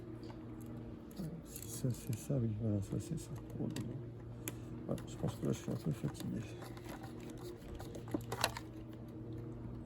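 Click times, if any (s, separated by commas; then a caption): 8.4 s. While a WLToys 124008 toy RC car is being reassembled, someone talks as a plastic part is fitted onto the RC car chassis. A sharp snap at 8.4 seconds marks the part clicking into place, seated.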